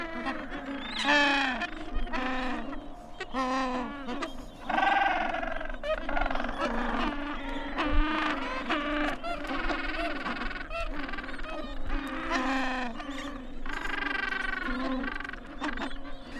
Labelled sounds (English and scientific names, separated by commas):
Gentoo Penguin (Pygoscelis papua) call